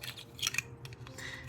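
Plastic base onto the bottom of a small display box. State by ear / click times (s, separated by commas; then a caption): seated / 0.6 s. A plastic base is pushed back onto the bottom of a small Dollar Tree box used as a crystal display stand. Light plastic rustling and scraping build to a sharp, bright click at 0.6 s as the base snaps into place, followed by a few faint taps. The base is seated.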